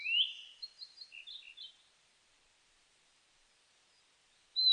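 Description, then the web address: Blue-and-white flycatcher song: a rising whistle followed by a few short, quieter warbled notes, then silence and the start of another high whistled phrase. Recorded on 23 May 2004. "2004 040523 ooruri"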